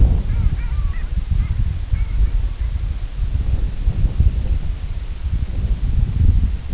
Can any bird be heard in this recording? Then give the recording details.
yes. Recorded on Arctic tundra, site IGLO-D, on 25 June 2018. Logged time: 02:00